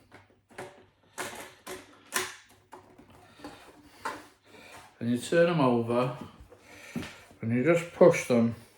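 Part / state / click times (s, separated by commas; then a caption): plastic track section joint clip into adjoining track section / not seated / none. Two plastic Carrera slot car track sections are turned over and pushed together, the joint clip of one moving toward the adjoining section, with short plastic handling knocks while someone talks. Nothing has seated or clicked yet; the clip ends just before the joint clip snaps home.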